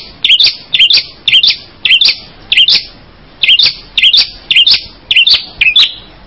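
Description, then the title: Bird chirping in high, sharp notes repeated about twice a second, each a quick bright tweet, with a brief pause in the middle of the series. "kikicau"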